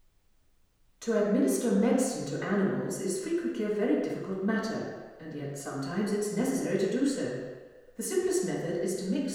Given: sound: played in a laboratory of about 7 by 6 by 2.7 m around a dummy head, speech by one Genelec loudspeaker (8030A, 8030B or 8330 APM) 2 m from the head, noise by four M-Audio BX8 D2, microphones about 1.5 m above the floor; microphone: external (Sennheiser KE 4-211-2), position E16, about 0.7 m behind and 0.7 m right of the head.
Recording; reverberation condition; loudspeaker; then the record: female speech in English; high; 90 degrees to the left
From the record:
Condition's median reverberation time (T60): about 1300 ms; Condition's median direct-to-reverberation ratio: about -4.0 dB